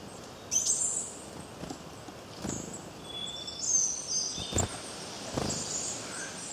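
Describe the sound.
Birds chirping, with bright high chirps and short whistled notes coming in bursts over steady background hiss and occasional dull thumps.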